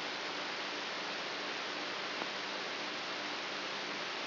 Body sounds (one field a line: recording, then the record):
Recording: brain microelectrode recording played as sound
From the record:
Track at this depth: inside the subthalamic nucleus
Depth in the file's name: 4.64 mm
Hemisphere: right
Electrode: 3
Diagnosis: Parkinson's disease